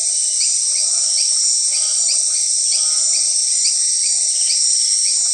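Grasshoppers and crickets: orthopteran buzzing as a continuous high whine, with a string of quick upswept chirps and a couple of brief low trills mixed in.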